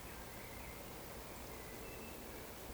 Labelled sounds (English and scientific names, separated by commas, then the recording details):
Eurasian Woodcock (Scolopax rusticola) whistle
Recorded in Baden-Württemberg, Germany, on 15 June 2020 at 19:31 UTC
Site 14569, 102 m above sea level